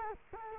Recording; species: mosquito wingbeat signal from an infrared sensor; Culex quinquefasciatus